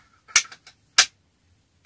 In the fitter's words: the third click the safety engages